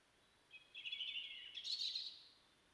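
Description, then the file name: European robin song: a high, thin warbling phrase of quick twittering notes, rising in pitch toward the end and then fading out. "Erithacus rubecula"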